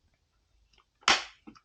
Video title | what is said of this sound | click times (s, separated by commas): How To Install Pinlock Lens - Anti Fog Visor - AGV K5s | there you go it clicks into place | 1.1 s